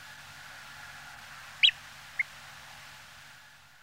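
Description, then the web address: Nordmann's greenshank call: a single sharp, harsh note followed about half a second later by a shorter, softer note, over a steady low background hiss. "tringa guttifer"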